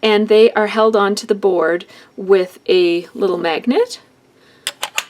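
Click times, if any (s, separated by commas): 4.7 s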